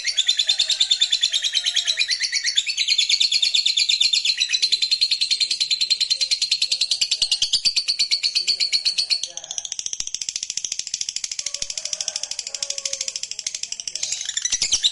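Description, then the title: Lovebird chattering song: a long, unbroken, rapid high-pitched trill of buzzy notes. It shifts slightly in tone partway through, and faint chirps sit underneath. Lovebird sound used to stimulate lovebirds. "Suara Lovebird"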